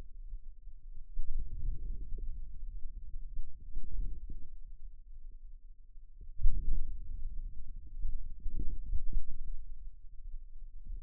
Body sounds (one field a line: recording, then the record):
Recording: forearm muscle sounds (acoustic myography)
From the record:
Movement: outward rotation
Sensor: system 2, bracelet of six BSWA MPA416 microphones around the upper forearm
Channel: 1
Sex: male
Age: 22 years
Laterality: right